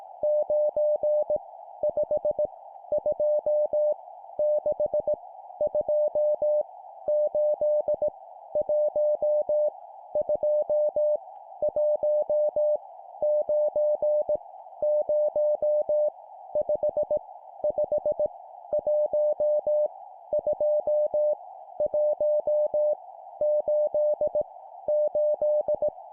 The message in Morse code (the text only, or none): 9 5 2 6 2 8 1 2 1 9 0 5 5 1 2 1 8 8